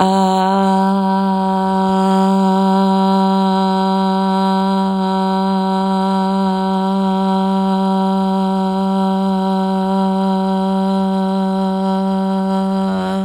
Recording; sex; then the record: sustained vowel /a/; female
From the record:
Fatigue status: no fatigue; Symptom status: symptomatic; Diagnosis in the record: COVID-19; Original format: m4a